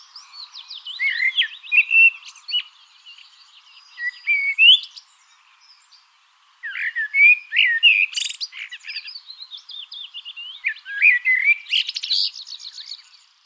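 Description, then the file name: Common blackbird singing repeated phrases: low, flute-like whistles that break into buzzy, chattering high notes, separated by short silences. "Turdus merula"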